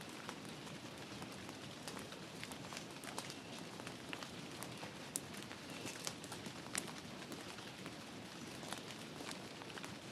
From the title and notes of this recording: Forest Rain Sounds - Relaxing Rainforest White Noise with Nature Sounds at Night.